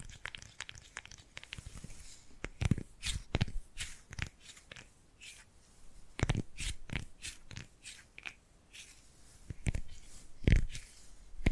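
Tapping and gripping sounds: irregular sharp clicks and crunchy taps come in clusters throughout, with a soft hiss and brief quiet gaps between.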